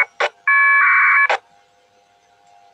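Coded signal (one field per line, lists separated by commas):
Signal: packet radio (AX.25, as in APRS)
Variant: 1200 baud AFSK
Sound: short raspy two-tone data burst, under a second, framed by two brief static crashes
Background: radio squelch noise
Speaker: six cake you'll go ahead and beacon please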